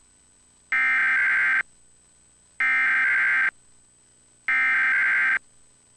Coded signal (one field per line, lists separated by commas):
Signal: Emergency Alert System (SAME) tones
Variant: header bursts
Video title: KTTV Emergency Alert System Test - May 20th, 2006 (Mock)